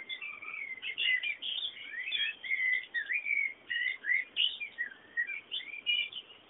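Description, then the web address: Birds chirping and whistling in a busy run of short twittering notes and clear whistles, with brief gaps between bursts. Background bird sounds. "bullas Bullasdata sounds fondo pajaros"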